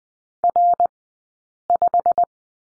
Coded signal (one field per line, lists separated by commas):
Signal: Morse code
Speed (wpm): 20 wpm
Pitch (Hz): 700 Hz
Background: none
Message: R5